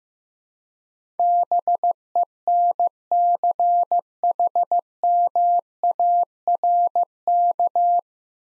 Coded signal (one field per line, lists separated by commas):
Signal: Morse code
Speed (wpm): 16 wpm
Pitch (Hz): 700 Hz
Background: none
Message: BENCHMARK